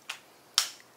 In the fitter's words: gonna hear a click with the trainer epi pen and you're gonna hold it there for about 10 10 seconds